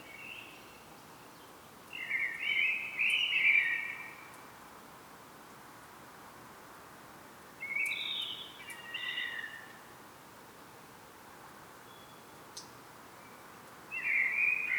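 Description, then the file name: Common blackbird song: three separate mellow, warbling phrases spaced several seconds apart, each a short run of fluty notes, the last cut off at the end. "Turdus merula"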